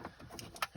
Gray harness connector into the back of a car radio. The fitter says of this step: again you can hear everything clicking all right that's